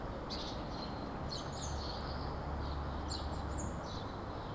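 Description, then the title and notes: Birds chirping: short bright tweets in a few brief bursts, over a continuous background hiss and rumble. Birds chirping among bush-overgrown remains of buildings, vulytsia Shmidta 20, Kostiantynivka, Donetsk Oblast, Ukraine; recorded on a Zoom H2n. "вулиця Шмідта, 20, місто Костянтинівка, Donetsk Oblast, Украина, 85100-Птицы среди руин. Щебет птиц в поросших кустами остатках зданий"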